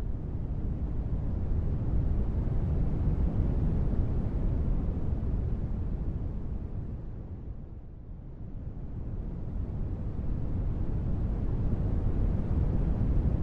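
Continuous dense white noise, weighted toward a deep rumble, with a brief softer, duller dip around the eight-second mark before it fills back in.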